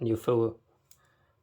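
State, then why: Seated. Someone talks as the flat cable connector of a Dell XPS 9700 laptop battery is squared to the motherboard socket and gently pushed down. A short, faint click comes at 0.9 s, and the connector is seated on the board.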